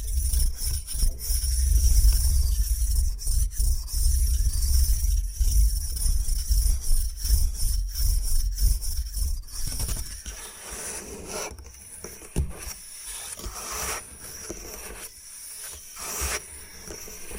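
Bamboo being scratched and brushed, with a dense, uneven rasping that fills the first ten seconds over a low rumble. After that the texture thins into lighter, brighter strokes and scattered taps, with a sharp click near twelve seconds and a steady high whine throughout.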